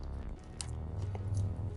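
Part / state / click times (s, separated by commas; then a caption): 24-pin power cable plug into motherboard / seated / 0.6 s. A 24-pin ATX power cable plug is pushed straight into a motherboard with pressure until its latch clicks at 0.6 s, a sharp, bright snap over low hum. Faint smaller ticks follow, and the connector is seated.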